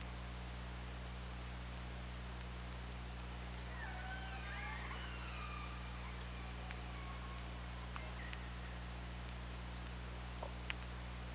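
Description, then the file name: Killer whale calls, a cluster of overlapping harmonic sweeping calls midway, followed by scattered sharp clicks, with constant low hum and hiss underneath. Recorded by OrcaLab hydrophone underwater on 24 August 2017 at 20:43. "Orca Lab 20170824 204355"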